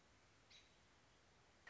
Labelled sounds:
American Robin

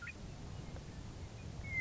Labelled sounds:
Western Meadowlark

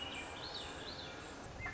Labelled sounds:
Swainson's Thrush

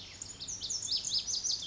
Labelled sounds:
Lazuli Bunting

